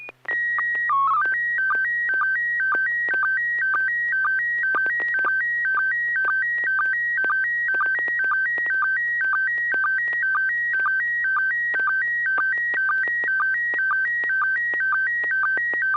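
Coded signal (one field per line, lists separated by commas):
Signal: SSTV (slow-scan television)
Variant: PD 120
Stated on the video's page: Slow-scan television net transmissions on a 441.300 MHz FM repeater in Sacramento, sent with MMSSTV software.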